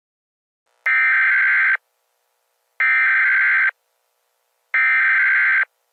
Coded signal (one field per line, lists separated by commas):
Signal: Emergency Alert System (SAME) tones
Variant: header bursts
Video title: EAS Scenario 1: Cartoon Cat (Old and Bad video, stop watching)